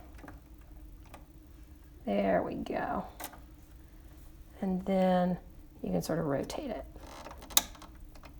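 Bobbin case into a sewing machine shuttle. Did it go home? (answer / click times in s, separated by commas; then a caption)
yes / 7.6 s. A bobbin case is rotated into a sewing machine's shuttle while someone talks, with soft mechanical handling noises in between. At 7.6 s a sharp, bright click rings out as the bobbin case snaps into place, seated.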